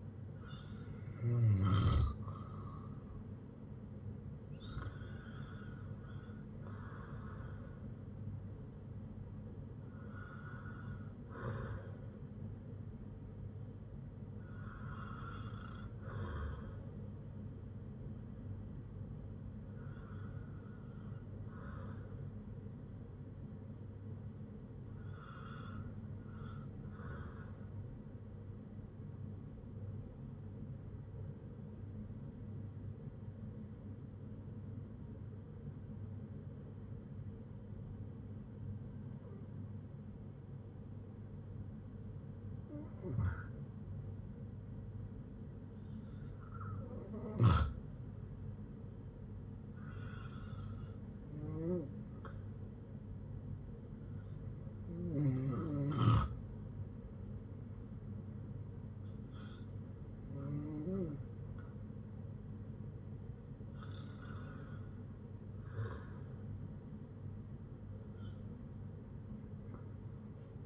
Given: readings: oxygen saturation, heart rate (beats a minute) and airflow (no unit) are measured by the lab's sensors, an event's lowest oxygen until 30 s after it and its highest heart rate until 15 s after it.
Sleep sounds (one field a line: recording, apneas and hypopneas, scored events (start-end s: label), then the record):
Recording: breathing in sleep by a smartphone at the bedside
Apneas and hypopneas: 1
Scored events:
29.00-59.50 s: hypopnea (REM, oxygen 97% highest, then 90% lowest, heart rate 69 at the start, 70 highest)
From the record:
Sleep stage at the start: REM sleep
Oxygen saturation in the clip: 77 to 97%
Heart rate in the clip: 61 to 83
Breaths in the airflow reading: 16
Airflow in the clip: -9.9 to 7.5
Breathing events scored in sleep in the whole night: 182 in 7.4 hours asleep